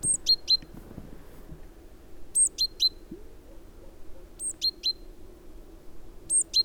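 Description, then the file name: Great tit: short groups of three high notes, a thin whistle followed by two sharp lower notes, repeated every two seconds or so. "Parus major"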